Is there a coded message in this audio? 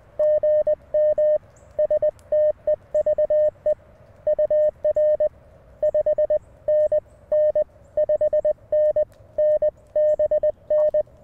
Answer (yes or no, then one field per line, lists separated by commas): yes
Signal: Morse code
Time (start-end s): 0.2-11.0 s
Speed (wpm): 20 wpm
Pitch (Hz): 1800 Hz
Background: none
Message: GM STEVE UR 5NN 5NN BN